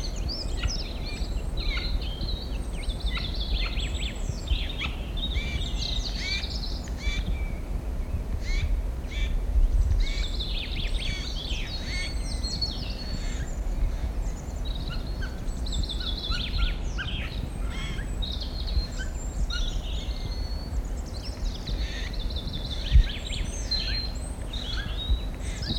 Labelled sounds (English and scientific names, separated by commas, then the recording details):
Spotted Nutcracker (Nucifraga caryocatactes)
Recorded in the wild
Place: Mirnock, Nockberge, Kärnten, AT
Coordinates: 46.758, 13.7144
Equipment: Uher 4000
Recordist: Brunner, Thomas